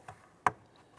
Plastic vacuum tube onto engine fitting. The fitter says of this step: push it on and you hear it snap into place we're going to repeat for the driver's side and insert